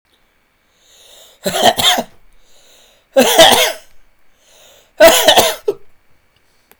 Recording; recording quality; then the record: heavy voluntary cough; excellent, no background noise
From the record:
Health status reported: healthy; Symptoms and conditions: none ticked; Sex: male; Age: 42 years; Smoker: not ticked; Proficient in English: no